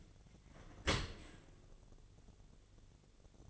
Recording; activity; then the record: daily activity, microphone in the room; open dishwasher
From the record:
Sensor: 4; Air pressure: 1007.5 hPa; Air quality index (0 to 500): 200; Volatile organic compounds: 7 ppm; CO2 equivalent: 1999 ppm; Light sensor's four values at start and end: 22/71/27/26 and 22/70/27/26